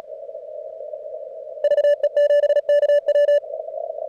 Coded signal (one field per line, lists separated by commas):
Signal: Morse code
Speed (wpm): 36 wpm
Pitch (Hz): 580 Hz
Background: radio noise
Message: VE7KW